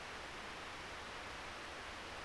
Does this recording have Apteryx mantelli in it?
no